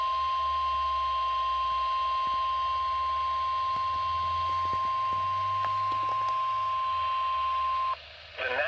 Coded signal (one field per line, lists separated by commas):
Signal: Emergency Alert System (SAME) tones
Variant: 1050 Hz attention tone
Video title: MARGINAL MEYHEM... EAS Alerts from 7/8/21 (EAS #370-384)